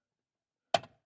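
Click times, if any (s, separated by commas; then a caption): 0.8 s. A wiring harness plug is pushed one-handed into the blend door actuator control module behind the dashboard of a Jeep Wrangler JK. After silence, a single sharp click sounds at 0.8 s, trailing off quickly. The plug seats into the module.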